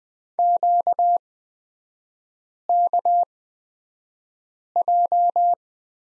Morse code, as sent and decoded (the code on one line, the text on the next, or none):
--.- -.- .---
QKJ